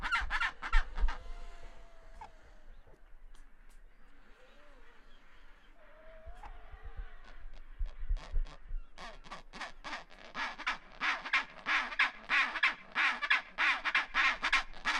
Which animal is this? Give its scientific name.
Pygoscelis antarcticus